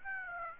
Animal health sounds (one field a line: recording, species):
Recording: mosquito wingbeat signal from an infrared sensor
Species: Aedes aegypti